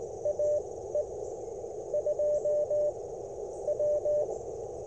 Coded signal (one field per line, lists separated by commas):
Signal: Morse code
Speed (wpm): 21 wpm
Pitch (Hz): 600 Hz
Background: radio noise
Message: AE2W